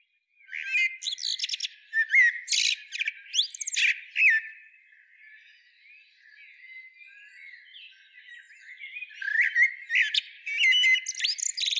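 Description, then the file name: Common blackbird singing varied fluty phrases with chattering, high-pitched flourishes, a quieter lull in the middle, then another run of loud phrases near the end. "Turdus merula"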